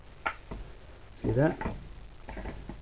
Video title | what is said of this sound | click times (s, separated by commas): Zanussi Bagless Cleaner Zan 1832 | little orange bar here go over I'll just unlock that again to show you when | 0.3 s